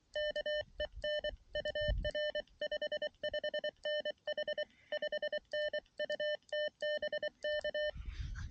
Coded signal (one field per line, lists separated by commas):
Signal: Morse code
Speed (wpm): 24 wpm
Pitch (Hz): 600 Hz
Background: none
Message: KEN UR 55N H 5N U TBK